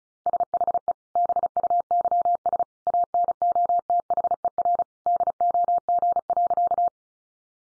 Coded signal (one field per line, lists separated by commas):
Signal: Morse code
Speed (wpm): 34 wpm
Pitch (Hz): 700 Hz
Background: none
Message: SHE BUYS ANOTHER DOG.